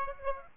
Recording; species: mosquito wingbeat signal from an infrared sensor; Aedes aegypti